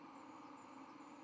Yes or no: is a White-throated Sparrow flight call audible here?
no